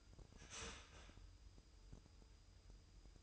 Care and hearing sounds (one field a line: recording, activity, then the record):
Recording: daily activity, microphone in the room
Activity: start toaster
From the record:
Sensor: 2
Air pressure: 988.5 hPa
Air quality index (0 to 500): 192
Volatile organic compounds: 189 ppm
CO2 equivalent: 4177 ppm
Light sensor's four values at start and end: 20/68/26/25 and 20/68/26/25